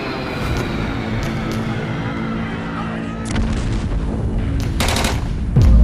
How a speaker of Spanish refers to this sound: Se asienta en el puerto de Beirut. Son los años 80 y lo siguiente que escuchan sus tiernos oídos ahora son bombas y disparos.